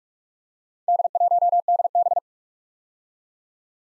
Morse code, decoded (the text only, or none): D1DB